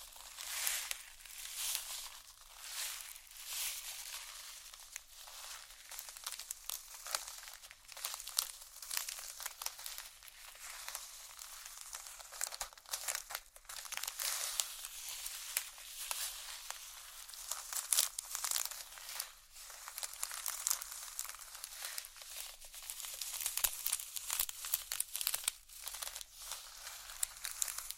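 Dry hands crinkle and scratch against vinyl, a dense, bright crackling that runs without a break for the whole stretch. Sharper bursts stand out every second or so, the loudness rising and falling unevenly, with almost nothing in the low range.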